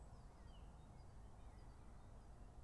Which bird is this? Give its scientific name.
Parus major